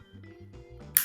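A plastic side wall is pressed onto the frame of a compact mini computer case over steady background music, and at 0.97 s it snaps into place with one sharp, loud click. The wall is seated.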